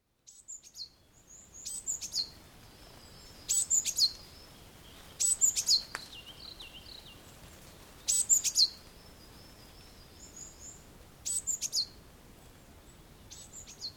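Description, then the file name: Japanese tit phrases of high, clear notes in repeated short bursts, with quiet background hiss between them. "shijuukara"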